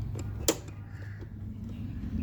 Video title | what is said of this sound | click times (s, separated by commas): How to replace multi fuse strip in Kia Sportage | push it inside the fuse box until you hear a clicking noise | 0.5 s